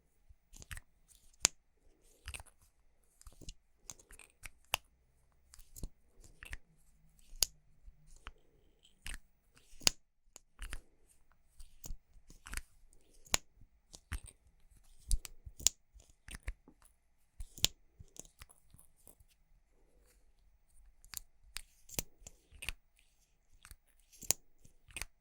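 Makeup triggers: a steady run of sharp tapping and scratching, short crisp clicks and snips arriving every fraction of a second across all twenty-five seconds. The hits are bright and irregular, some louder than others, over a faint low hum.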